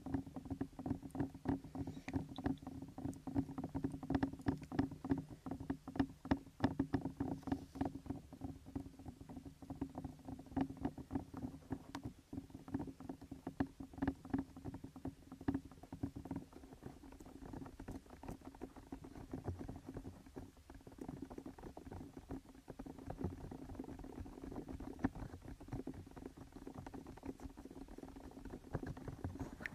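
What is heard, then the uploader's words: A rain stick tumbles its beads in a dense, continuous pattering that runs the full thirty seconds. The tiny clicks crowd together over a steady low hum, swelling slightly in the first half and thinning a little around twenty seconds before picking back up. Rain stick.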